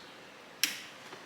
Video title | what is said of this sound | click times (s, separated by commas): Toyota Tacoma Cold Air Intake | you heard the click that's it and it's just going to be kind of | 0.6 s